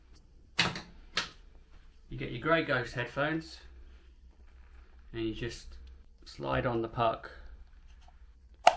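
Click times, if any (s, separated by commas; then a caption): 8.7 s. A wireless headphone puck is slid onto the plastic mount on a pair of Grey Ghost headphones for an XP metal detector and pushed all the way home. Someone talks, with two short, sharp sounds near 0.6 s and 1.2 s. A single loud, sharp click at 8.7 s marks the puck seating fully, which is needed because headphones that are not quite on will not work.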